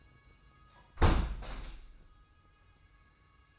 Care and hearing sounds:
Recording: daily activity, microphone in the room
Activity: close window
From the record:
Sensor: 2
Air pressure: 990.3 hPa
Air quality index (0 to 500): 192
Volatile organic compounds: 1000 ppm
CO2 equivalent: 6106 ppm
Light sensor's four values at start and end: 23/54/22/22 and 23/54/22/22

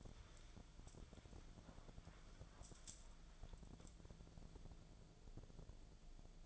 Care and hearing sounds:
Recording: daily activity, microphone in the room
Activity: wipe stove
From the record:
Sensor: 5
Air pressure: 1000.6 hPa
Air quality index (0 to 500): 157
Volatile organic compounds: 2 ppm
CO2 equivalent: 1208 ppm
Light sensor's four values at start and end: 47/101/45/50 and 47/102/45/50

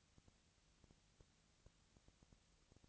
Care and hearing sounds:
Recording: daily activity, microphone in the room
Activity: no activity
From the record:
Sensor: 3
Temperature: 20.4 degrees Celsius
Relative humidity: 34.4%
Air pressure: 996.9 hPa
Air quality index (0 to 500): 205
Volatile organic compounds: 68 ppm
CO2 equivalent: 3504 ppm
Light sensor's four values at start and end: 2/3/2/2 and 2/3/2/2

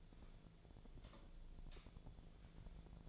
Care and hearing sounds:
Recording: daily activity, microphone in the room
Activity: light off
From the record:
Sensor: 5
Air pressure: 1009.9 hPa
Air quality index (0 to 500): 158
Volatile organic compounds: 4 ppm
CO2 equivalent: 1540 ppm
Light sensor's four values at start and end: 149/381/158/169 and 148/378/158/168

